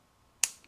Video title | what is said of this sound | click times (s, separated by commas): Ruger SR1911 - Made in USA | one thing that I like is that it has a very positive click on | 0.4 s